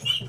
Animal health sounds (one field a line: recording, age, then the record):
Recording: pig call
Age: piglet (1 to 25 days)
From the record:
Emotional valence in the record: negative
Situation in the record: short isolation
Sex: male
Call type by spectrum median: high-frequency call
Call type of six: high-frequency stable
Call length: 0.29 s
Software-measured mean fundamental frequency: 299 Hz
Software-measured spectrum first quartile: 585 Hz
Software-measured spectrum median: 2769 Hz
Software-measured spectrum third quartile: 3024 Hz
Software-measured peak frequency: 3008 Hz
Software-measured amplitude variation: 205 dB a second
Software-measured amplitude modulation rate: 17.4 a second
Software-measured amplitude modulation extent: 11.8 dB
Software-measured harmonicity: 13.4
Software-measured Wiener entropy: -3.30